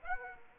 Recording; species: mosquito wingbeat signal from an infrared sensor; Aedes aegypti